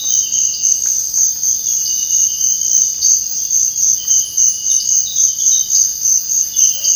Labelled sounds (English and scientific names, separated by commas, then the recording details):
none
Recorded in dense forest near Puerto Asís, Putumayo, Colombia, on 18 February 2024 at 06:00
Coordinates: 0.485, -76.325
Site G6429